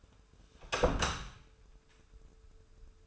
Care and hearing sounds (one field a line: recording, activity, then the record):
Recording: daily activity, microphone in the room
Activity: close door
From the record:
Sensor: 2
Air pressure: 1015.1 hPa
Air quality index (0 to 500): 170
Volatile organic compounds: 10 ppm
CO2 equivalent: 2214 ppm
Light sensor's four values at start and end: 13/36/14/16 and 13/36/14/16